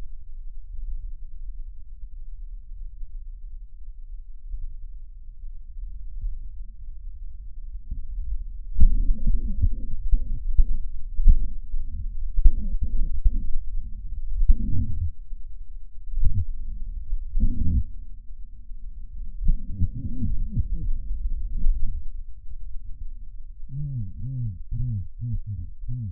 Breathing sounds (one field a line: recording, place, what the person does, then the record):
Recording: lung sounds by stethoscope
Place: right posterior apical chest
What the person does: quiet breathing, then cough and speech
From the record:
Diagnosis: pulmonary infection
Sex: male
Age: 74 years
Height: 171 cm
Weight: 80 kg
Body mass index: 27.4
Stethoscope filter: bell mode